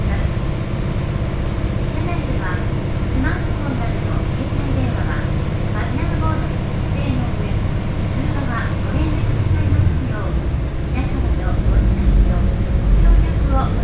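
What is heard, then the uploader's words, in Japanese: A ride on the Ibara Railway, with a steady, dense low rumble from the train running throughout. Voices talk over it almost continuously in short bursts. The rumble swells slightly toward the end, with a few heavier low thumps after ten seconds. 耳で楽しむ鉄道旅 井原鉄道 早雲の里荏原→総社。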